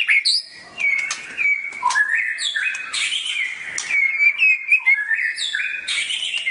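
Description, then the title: Oriental magpie-robin song of sustained level whistles and short slurred notes, delivered in steady linked phrases with a few sharp chirps. "Kicau Kacer"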